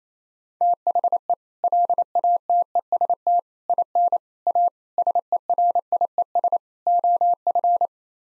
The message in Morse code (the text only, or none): THE LATEST IN A SERIES OF